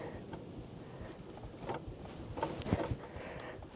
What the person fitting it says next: There we go. I heard the snap.